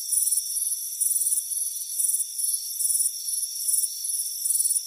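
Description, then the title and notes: Crickets chirping in fast-pulsed high bursts over a steady thin drone. Chirping crickets on a warm afternoon on a front porch. "Soothing Crickets Chirping Sound. It's a warm afternoon as you relax in a hammock on the front porch. Relax and fall asleep to the soothing sound of chirping crickets. Deep Sleep Sounds"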